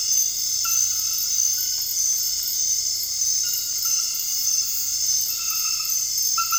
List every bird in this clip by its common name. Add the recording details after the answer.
none. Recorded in dense forest near Puerto Asís, Putumayo, Colombia, on 18 February 2024 at 02:30. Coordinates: 0.485, -76.318. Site G6408